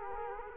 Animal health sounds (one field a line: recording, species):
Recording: mosquito wingbeat signal from an infrared sensor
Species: Culex quinquefasciatus